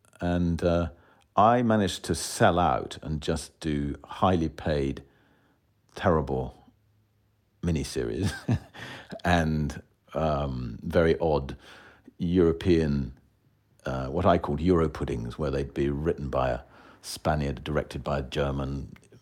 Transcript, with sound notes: And I managed to sell out and just do highly paid, terrible miniseries (laughter) and very odd European - what I called Europuddings, where they'd be written by a Spaniard, directed by a German,